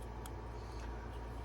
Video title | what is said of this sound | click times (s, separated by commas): The Mediocre Modeler Show - Independence Day Special: Trenchworx M2A1 Halftrack | pops right in there | 0.3 s